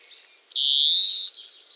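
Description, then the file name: European greenfinch giving one drawn-out, buzzy, nasal wheeze lasting under a second, preceded by a thin high whistle, in otherwise quiet surroundings. "Chloris chloris"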